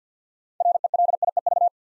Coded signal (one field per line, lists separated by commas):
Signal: Morse code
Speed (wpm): 48 wpm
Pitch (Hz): 700 Hz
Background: none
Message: RELIEV